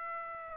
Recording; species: mosquito wingbeat signal from an infrared sensor; Aedes albopictus